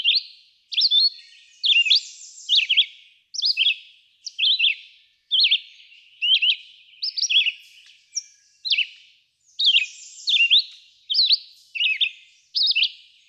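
Red-eyed vireo song: a long run of short, high slurred whistles, one phrase roughly every second, each differing slightly in shape.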